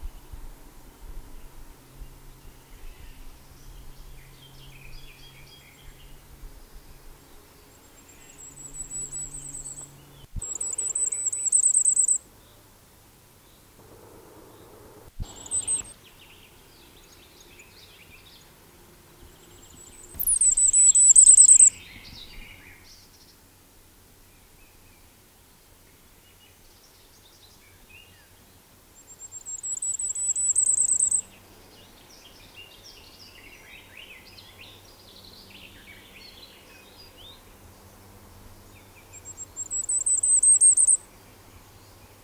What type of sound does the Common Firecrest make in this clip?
song